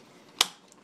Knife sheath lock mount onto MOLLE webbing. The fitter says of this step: click it into place